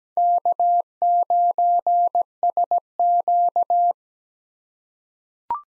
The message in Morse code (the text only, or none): K9SQ